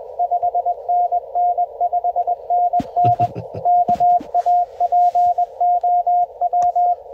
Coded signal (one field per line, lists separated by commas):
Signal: Morse code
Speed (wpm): 18 wpm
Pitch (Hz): 700 Hz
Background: radio noise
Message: 5NN 5NN KAPOW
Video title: Quick QRP CW Parks on the Air with @ae4xo and KQ4GEC Shenanigans